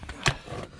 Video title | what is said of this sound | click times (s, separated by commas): 2nd Gen Tiguan rear door Interior Leak Solved | and it'll snap right into place there's a little uh | 0.3 s